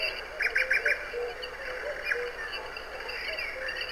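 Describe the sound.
Bird chirps in a quick burst of four bright notes, then scattered softer tweets over a steady high hum.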